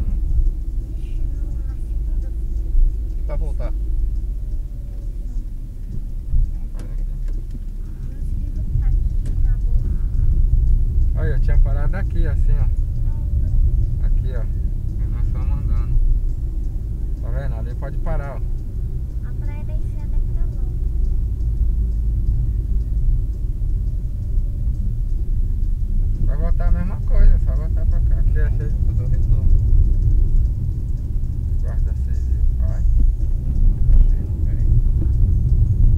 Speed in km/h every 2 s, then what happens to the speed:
33, 26, 22, 19, 19, 23, 27, 30, 34, 36, 34, 30, 25, 18, 22, 27, 23, 32.
0-5 slows to 19. 8-17 speeds up to 36. 17-25 slows to 18. 27-29 speeds up to 27. 32-36 speeds up to 32.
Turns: none.